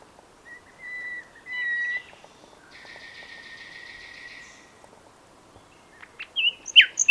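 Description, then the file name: Common nightingale song: quiet whistles and a soft rattling phrase, ending with louder, quick chirping notes. "Luscinia megarhynchos"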